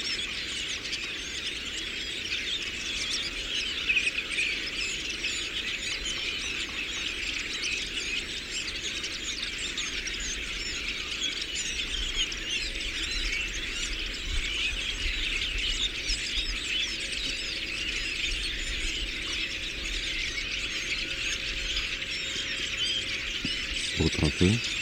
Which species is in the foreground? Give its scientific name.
Poecile montanus